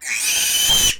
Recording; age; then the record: pig call; piglet (1 to 25 days)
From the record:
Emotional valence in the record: negative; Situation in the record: restrain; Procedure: sham castration, fixation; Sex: male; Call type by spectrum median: high-frequency call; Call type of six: high-frequency modulated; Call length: 1.00 s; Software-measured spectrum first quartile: 2856 Hz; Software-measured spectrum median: 4985 Hz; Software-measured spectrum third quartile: 7661 Hz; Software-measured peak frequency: 3148 Hz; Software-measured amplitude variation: 88 dB a second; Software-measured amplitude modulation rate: 19.5 a second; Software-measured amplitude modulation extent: 4.5 dB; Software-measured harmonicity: 3.1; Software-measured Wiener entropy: -1.82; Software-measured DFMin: 764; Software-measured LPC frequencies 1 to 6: 847, 1855, 2501, 3104, 3946, 4826 Hz